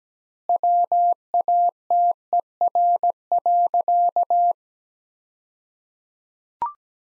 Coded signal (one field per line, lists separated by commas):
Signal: Morse code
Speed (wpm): 17 wpm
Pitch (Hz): 700 Hz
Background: none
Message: WATER.